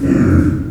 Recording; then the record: squeal of a Yucatan mini pig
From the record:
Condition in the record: after surgery on the right vocal fold (resection and tissue-engineered implant); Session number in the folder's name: 7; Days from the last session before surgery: 47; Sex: female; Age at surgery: 19 weeks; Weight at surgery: 25 kg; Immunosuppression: prednisolone